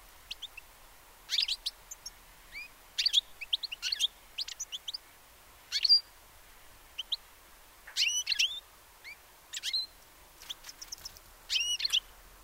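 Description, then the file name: European goldfinch calls: clusters of sharp, high, bouncing chirps and short twitters in uneven bursts, separated by brief silent gaps. "Carduelis carduelis"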